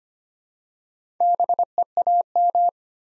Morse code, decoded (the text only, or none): BEAM